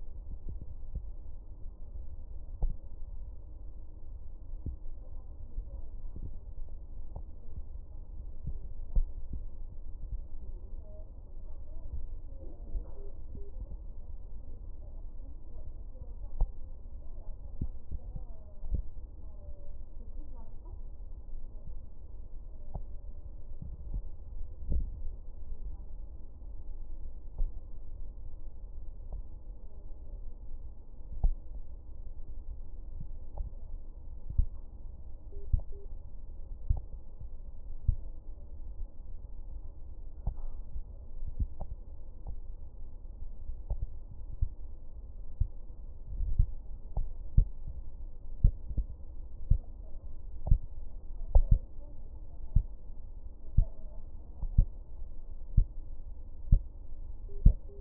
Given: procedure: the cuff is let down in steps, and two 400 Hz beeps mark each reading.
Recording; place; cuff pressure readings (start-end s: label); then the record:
Korotkoff sounds by stethoscope; brachial artery, at the lower edge of an arm cuff
12.97-13.49 s: 140 mmHg
35.32-35.85 s: 130 mmHg
57.29-57.81 s: 120 mmHg
From the record:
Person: healthy adult, 24 to 32 years, lying on the back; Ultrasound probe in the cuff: proximal